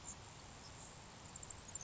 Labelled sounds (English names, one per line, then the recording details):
Grasshopper Sparrow
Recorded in Sonoma County, California